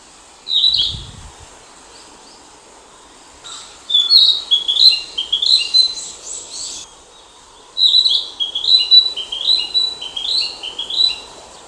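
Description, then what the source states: Narcissus flycatcher song: a brief note, then two bursts of quick, varied whistled phrases with rising and falling slurs, over faint steady hiss. Recorded 9 June 2020.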